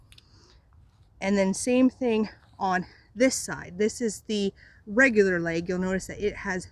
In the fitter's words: you just insert this here and then you have to push it all the way through until you hear that clicking noise and then